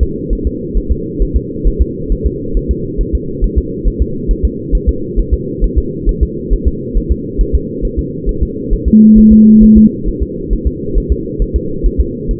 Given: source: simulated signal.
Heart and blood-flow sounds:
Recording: fetal heart sounds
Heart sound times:
0.03 s: S2
0.33 s: S1
0.47 s: S2
0.78 s: S1
0.92 s: S2
1.22 s: S1
1.37 s: S2
1.67 s: S1
1.81 s: S2
2.12 s: S1
2.27 s: S2
2.57 s: S1
2.71 s: S2
3.01 s: S1
3.15 s: S2
3.44 s: S1
3.58 s: S2
3.88 s: S1
4.02 s: S2
4.31 s: S1
4.45 s: S2
4.75 s: S1
4.89 s: S2
5.19 s: S1
5.34 s: S2
5.64 s: S1
5.78 s: S2
6.09 s: S1
6.23 s: S2
6.53 s: S1
6.68 s: S2
6.97 s: S1
7.12 s: S2
7.41 s: S1
7.55 s: S2
7.85 s: S1
7.99 s: S2
8.29 s: S1
8.43 s: S2
8.74 s: S1
8.88 s: S2
9.18 s: S1
9.33 s: S2
9.64 s: S1
9.78 s: S2
10.09 s: S1
10.23 s: S2
10.53 s: S1
10.67 s: S2
10.98 s: S1
11.12 s: S2
11.42 s: S1
11.56 s: S2
11.86 s: S1
12.00 s: S2
12.31 s: S1
From the record:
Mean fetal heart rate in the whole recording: 135 bpm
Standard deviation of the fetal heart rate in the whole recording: 3 bpm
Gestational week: 36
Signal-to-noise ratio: -6.6 dB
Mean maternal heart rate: 72 bpm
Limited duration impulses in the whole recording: present

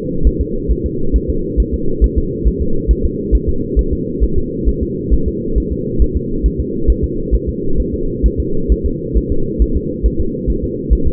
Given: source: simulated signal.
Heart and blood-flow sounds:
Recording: fetal heart sounds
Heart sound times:
0.27 s: S1
0.41 s: S2
0.72 s: S1
0.86 s: S2
1.16 s: S1
1.30 s: S2
1.60 s: S1
1.74 s: S2
2.04 s: S1
2.18 s: S2
2.48 s: S1
2.62 s: S2
2.91 s: S1
3.05 s: S2
3.35 s: S1
3.49 s: S2
3.79 s: S1
3.93 s: S2
4.24 s: S1
4.38 s: S2
4.69 s: S1
4.83 s: S2
5.14 s: S1
5.28 s: S2
5.58 s: S1
5.72 s: S2
6.02 s: S1
6.16 s: S2
6.46 s: S1
6.60 s: S2
6.90 s: S1
7.04 s: S2
7.35 s: S1
7.49 s: S2
7.80 s: S1
7.94 s: S2
8.26 s: S1
8.40 s: S2
8.72 s: S1
8.86 s: S2
9.18 s: S1
9.32 s: S2
9.62 s: S1
9.77 s: S2
10.06 s: S1
10.20 s: S2
10.50 s: S1
10.64 s: S2
10.93 s: S1
11.07 s: S2
From the record:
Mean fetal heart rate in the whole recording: 135 bpm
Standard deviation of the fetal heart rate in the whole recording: 3 bpm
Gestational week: 34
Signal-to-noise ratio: -8.1 dB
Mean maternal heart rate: 72 bpm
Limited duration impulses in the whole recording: absent

